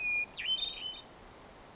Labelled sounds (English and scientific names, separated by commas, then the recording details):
Hermit Thrush (Catharus guttatus)
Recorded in Sonoma County, California